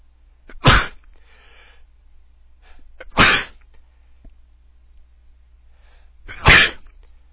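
Three forceful sneezes from an adult male, each preceded by a brief inhaled gasp, spaced about three seconds apart.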